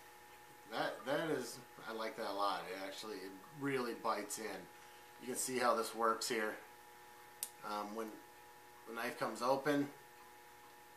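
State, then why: Seated. A Gerber Instant folding knife is opened while someone talks, and its plunger lock rod snaps into place with a sharp click at 7.4 s. The rod locks the blade rigid, with no play.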